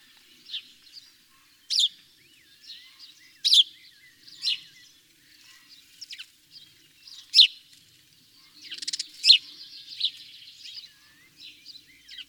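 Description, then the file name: House sparrow chirps, sharp bright notes repeated irregularly every one to three seconds over a soft background chatter of other chirping. "Passer domesticus"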